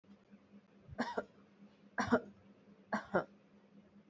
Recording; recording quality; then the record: shallow voluntary cough; excellent, no background noise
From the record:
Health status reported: healthy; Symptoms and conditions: none ticked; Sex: female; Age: 34 years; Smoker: not ticked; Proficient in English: yes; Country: India